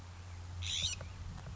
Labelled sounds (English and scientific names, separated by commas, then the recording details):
California Scrub-Jay (Aphelocoma californica)
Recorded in Sonoma County, California